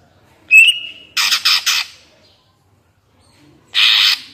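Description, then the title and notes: Greater green leafbird opening with a clear whistle, then a rapid series of harsh rasping notes, a pause, and another grating burst. Captive-bird training (master) recording; energetic, melodious 'gacor' song in the 'ngentrok' style with crest raised ('jambul nembak'). "Cucak Ijo Gacor Ngentrok Jambul Nembak. suara burung cucak ijo gacor, merdu cocok buat masteran burung cucak ijo"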